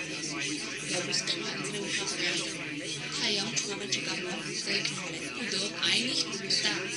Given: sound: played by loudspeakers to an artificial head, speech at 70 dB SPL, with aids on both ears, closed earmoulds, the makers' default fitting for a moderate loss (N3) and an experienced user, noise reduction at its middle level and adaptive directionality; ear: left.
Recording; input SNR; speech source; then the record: speech test signal (ISTS) in cocktail-party noise; -3 dB; on the right (90 degrees)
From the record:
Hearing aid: class 1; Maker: B